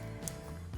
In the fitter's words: this knife yeah it does click into place so